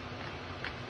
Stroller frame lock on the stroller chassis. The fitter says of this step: Ayan. Tutunog naman po yan kapag nakalock na. Ayan.